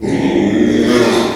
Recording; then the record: squeal of a Yucatan mini pig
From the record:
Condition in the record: after surgery on the right vocal fold (resection and tissue-engineered implant); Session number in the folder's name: 2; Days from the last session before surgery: 13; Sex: male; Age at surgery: 12 weeks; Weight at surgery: 13 kg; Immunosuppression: cyclosporine, prednisolone